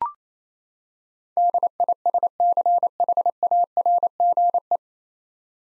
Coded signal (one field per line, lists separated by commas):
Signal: Morse code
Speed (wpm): 28 wpm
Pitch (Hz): 700 Hz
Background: none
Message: DISCHARGE